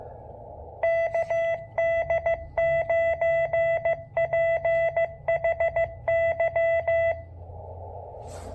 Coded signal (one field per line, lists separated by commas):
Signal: Morse code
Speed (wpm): 15 wpm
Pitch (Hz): 660 Hz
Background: none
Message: KD9PHY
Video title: POTA with one-tenth of a watt? Can it be done? Let's make an attempt!